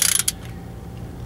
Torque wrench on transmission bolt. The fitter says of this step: for the click there